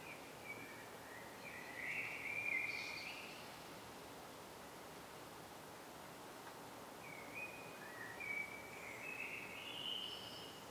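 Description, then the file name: Common blackbird song: a fluty warbled phrase with a squeaky flourish, a long pause, then a second rambling warble rising to a high twitter; steady hiss throughout. "Turdus merula"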